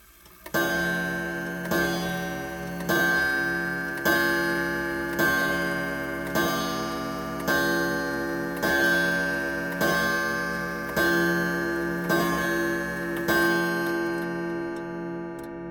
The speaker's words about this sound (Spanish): Entonces Nines se fue a la cama y de pronto dieron las 12 campanadas.